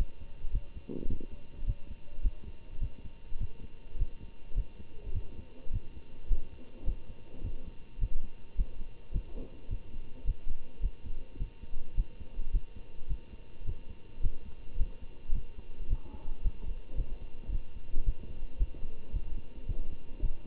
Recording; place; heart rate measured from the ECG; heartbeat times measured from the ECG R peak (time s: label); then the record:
heart sounds by stethoscope; between the tricuspid and mitral areas; 107 bpm
0.51 s: heartbeat
1.07 s: heartbeat
1.65 s: heartbeat
2.21 s: heartbeat
2.79 s: heartbeat
3.38 s: heartbeat
3.97 s: heartbeat
4.54 s: heartbeat
5.12 s: heartbeat
5.71 s: heartbeat
6.28 s: heartbeat
6.84 s: heartbeat
7.42 s: heartbeat
7.99 s: heartbeat
8.55 s: heartbeat
9.12 s: heartbeat
9.68 s: heartbeat
10.25 s: heartbeat
10.80 s: heartbeat
11.38 s: heartbeat
11.95 s: heartbeat
12.51 s: heartbeat
13.07 s: heartbeat
13.65 s: heartbeat
14.21 s: heartbeat
14.76 s: heartbeat
15.32 s: heartbeat
15.88 s: heartbeat
16.42 s: heartbeat
16.95 s: heartbeat
17.50 s: heartbeat
18.04 s: heartbeat
18.57 s: heartbeat
19.11 s: heartbeat
19.67 s: heartbeat
20.20 s: heartbeat
From the record:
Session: Bruce protocol treadmill stress test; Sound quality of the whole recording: good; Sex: male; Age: 25 years